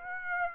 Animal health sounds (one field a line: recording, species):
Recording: mosquito wingbeat signal from an infrared sensor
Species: Aedes aegypti